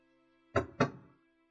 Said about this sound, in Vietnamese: Hai anh em đang nói chuyện thì bên ngoài có tiếng gõ cửa.